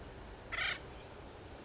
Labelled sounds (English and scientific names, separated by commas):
Acorn Woodpecker (Melanerpes formicivorus)